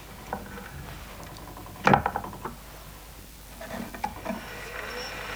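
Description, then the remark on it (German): Faint, irregular ticking of a switched-on telegraph over a soft, steady low hum, with one sharper clack in the middle and a few lighter taps scattered around it. “Charles Batchelor horchte aufmerksam auf das leise Ticken und Summen des eingeschalteten Telegraphen.”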